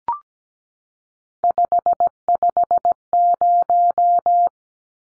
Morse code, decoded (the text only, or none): 550